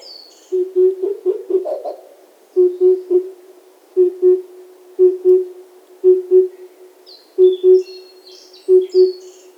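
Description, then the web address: Cuckoo's low paired hoots repeat steadily, broken early on by a brief jumble of other calls; thin bird chirps come in toward the end. Hooting in the wild in Hokkaido. "Google Sounds Sound Matters. Cuckoo hoots in wild hokkaido"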